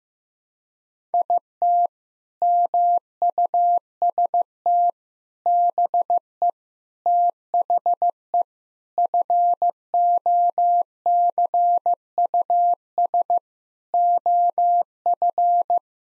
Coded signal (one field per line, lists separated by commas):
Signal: Morse code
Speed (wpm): 15 wpm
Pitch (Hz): 700 Hz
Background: none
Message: IT MUST BE THE FOCUS OF